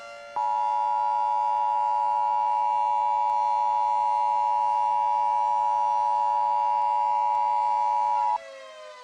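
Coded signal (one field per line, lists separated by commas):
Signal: Emergency Alert System (SAME) tones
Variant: 853 and 960 Hz attention tone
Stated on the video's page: Fictional EAS scenario.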